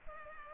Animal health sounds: mosquito wingbeat signal from an infrared sensor; Culex pipiens

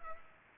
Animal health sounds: mosquito wingbeat signal from an infrared sensor; Culex pipiens

